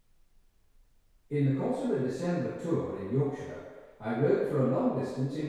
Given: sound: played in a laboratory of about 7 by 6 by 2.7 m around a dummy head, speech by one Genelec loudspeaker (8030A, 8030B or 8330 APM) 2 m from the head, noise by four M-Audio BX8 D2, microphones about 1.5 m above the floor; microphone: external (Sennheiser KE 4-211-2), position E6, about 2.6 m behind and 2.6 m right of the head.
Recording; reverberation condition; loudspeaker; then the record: male speech in English; high; 150 degrees to the right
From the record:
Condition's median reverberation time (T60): about 1300 ms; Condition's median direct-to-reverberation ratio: about -4.0 dB